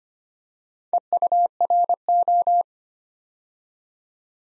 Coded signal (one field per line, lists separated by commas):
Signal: Morse code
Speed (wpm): 25 wpm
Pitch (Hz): 700 Hz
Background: none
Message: EURO